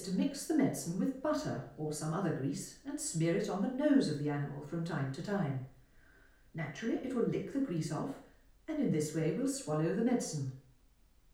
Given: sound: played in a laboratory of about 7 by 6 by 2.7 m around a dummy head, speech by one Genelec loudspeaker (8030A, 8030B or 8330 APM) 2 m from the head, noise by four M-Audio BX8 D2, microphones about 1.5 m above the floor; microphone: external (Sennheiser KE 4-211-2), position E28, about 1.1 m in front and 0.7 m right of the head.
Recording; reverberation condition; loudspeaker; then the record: female speech in English; medium; behind (180 degrees)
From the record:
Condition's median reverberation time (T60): about 510 ms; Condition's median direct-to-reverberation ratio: about -0.5 dB